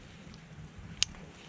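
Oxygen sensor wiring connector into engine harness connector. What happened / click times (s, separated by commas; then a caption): The wiring connector clicked home / 1.0 s. The bank 2 oxygen sensor's electrical connector on a 2002–2006 Lexus ES300 is pushed into its plastic harness connector on the car. Over a low background rumble and a faint tick at 0.3 s, one loud, sharp click sounds at 1.0 s as the connector seats.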